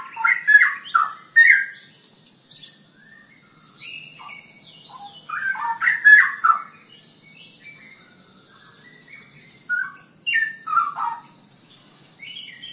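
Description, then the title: Long-tailed shrike singing a varied medley of harsh chatters, squeaky notes and thin high whistles, with a quiet pause midway before more high phrases. "Kicau Burung Pentet"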